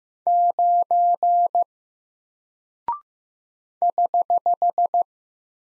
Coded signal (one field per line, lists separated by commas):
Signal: Morse code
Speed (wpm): 15 wpm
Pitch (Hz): 700 Hz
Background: none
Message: 9 <HH>